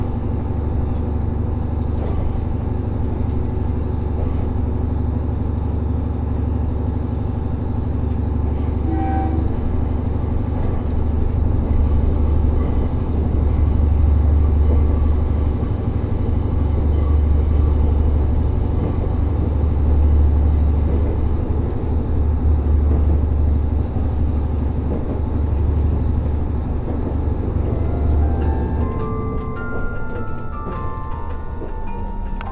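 A ride aboard the Resort Shirakami No. 4 on the Gono Line, from Fukaura toward Iwadate. A steady, heavy low rumble and a constant hum run throughout, with faint high whines in the middle. Near the end, rising tones climb above the rumble.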